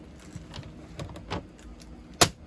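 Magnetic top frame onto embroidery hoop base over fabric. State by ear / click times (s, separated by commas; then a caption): seated / 2.2 s. The magnetic top frame of a Hoopmaster 8x13 Mighty Hoop embroidery hoop is lowered over a satin robe and stabilizer onto the bottom frame, with a few soft handling rustles before it. At 2.2 s the magnets pull it shut with a single sharp snap. The hoop is seated, snapped into place.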